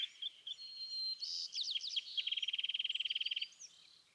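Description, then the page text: California thrasher song: a thin whistle and slurred notes leading into a fast series of buzzy notes, over a steady soft hiss of background noise. Excerpt from a longer dawn song session on March 9, 2017, at Montaña de Oro State Park, Los Osos, California; the bird repeats a theme of notes it chose that morning. "California thrasher Song, excerpted from a longer dawn session on day 1. listen for the repeated theme of notes that the thrasher has chosen to use this morning. March 9, 2017. Los Osos, California"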